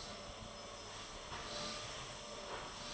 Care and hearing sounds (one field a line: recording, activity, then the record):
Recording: daily activity, microphone in the room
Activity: vacuum cleaning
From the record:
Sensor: 4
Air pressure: 1012.7 hPa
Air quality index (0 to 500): 249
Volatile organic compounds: 5 ppm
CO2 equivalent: 1706 ppm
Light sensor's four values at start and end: 12/28/11/10 and 12/28/11/10